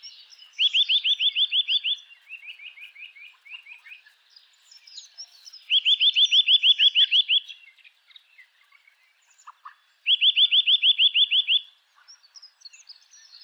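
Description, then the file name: Eurasian nuthatch gives loud, fast, even trills of clear upslurred notes, about ten per burst, repeated three times, with softer trilling and faint other birds between. "Sitta europaea"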